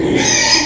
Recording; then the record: squeal of a Yucatan mini pig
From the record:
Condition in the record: before surgery on the right vocal fold (resection and tissue-engineered implant); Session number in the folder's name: 2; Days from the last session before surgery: 0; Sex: male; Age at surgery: 12 weeks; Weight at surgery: 13 kg